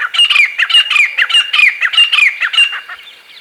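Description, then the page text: Grey francolin calling: a rapid run of harsh, squawky notes, continuing steadily and fading slightly near the end. "Grey Francolin Calls. Quick Sounds"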